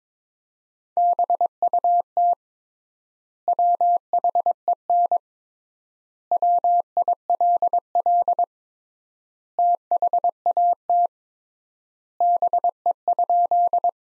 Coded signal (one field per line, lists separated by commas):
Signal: Morse code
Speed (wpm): 22 wpm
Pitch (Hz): 700 Hz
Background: none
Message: BUT WHEN WILL THAT BE?